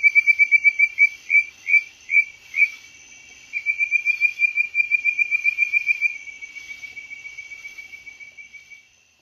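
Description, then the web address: Bird-voiced treefrog giving rapid whistled pulses, a brief pause, then a long trill of quick, even whistles that fades near the end. North America. "Songs of Frogs Toads of North America. Bird-voiced Treefrog"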